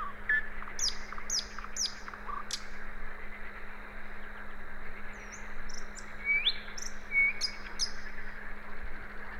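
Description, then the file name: Common nightingale opening with several clear downslurred whistles, a quiet middle, then upswept whistles and sharp high notes near the end; faint steady hum. "Luscinia megarhynchos"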